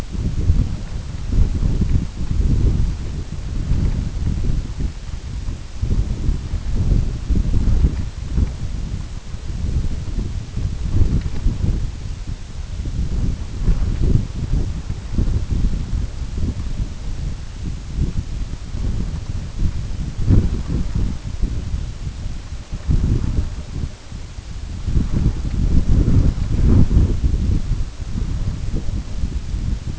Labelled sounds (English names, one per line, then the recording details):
none
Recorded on Arctic tundra, site UTQI-5, on 25 June 2018
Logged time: 18:00